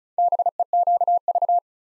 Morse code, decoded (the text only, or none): BEQV